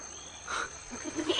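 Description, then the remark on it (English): A goat on a desert island gives one short, wavering bleat, fairly faint, followed by a moment of soft background noise with no talking. “It is. A goat.”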